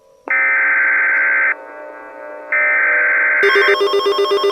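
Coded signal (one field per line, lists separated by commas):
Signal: Emergency Alert System (SAME) tones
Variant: header bursts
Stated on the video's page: Simulated Emergency Alert System tornado warning with text-to-speech voice.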